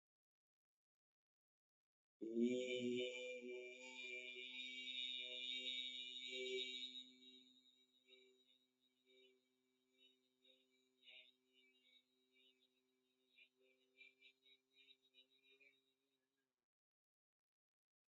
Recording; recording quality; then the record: sustained vowel as in beet; excellent, no background noise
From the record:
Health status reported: healthy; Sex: male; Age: 30 years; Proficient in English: yes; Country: India